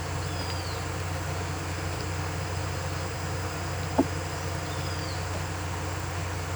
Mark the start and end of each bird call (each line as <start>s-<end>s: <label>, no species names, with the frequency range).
0.25s-0.83s: bird call (2.4-5.6 kHz)
4.69s-5.15s: bird call (2.4-5.3 kHz)